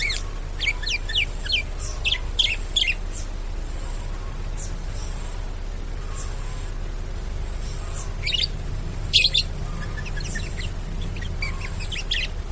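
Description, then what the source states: Bird twittering in quick bright runs, fading and returning, with a louder sharp note near the end over low hum. Bird ringtone with melodious sounds.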